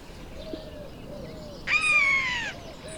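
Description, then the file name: Eurasian jay giving a single drawn-out, nasal, slightly descending call lasting almost a second. "Garrulus glandarius"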